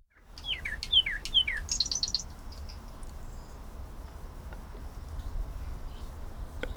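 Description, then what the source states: Bird song: a brief burst of sliding chirps and a quick high trill, then only faint calls, over a steady low rumble. Bird singing on a spring morning.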